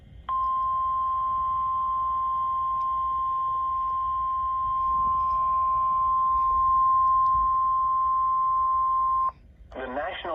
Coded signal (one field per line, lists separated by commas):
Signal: Emergency Alert System (SAME) tones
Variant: 1050 Hz attention tone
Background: speech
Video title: Flash Flood Warning [EAS #244]